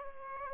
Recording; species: mosquito wingbeat signal from an infrared sensor; Aedes aegypti